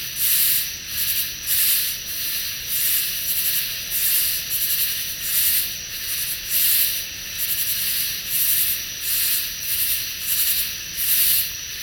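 Katydid chorus of high, hissing buzzy pulses that swell and fade in a steady rhythm, with a constant high whine underneath.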